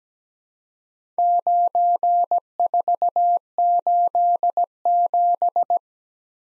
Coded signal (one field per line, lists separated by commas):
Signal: Morse code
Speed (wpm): 17 wpm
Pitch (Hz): 700 Hz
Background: none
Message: 9487